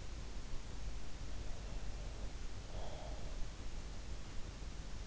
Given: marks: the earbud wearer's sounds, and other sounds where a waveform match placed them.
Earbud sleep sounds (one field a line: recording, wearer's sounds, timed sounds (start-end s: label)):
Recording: sounds in sleep by an in-ear microphone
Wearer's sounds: breath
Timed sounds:
2.16-3.72 s: breath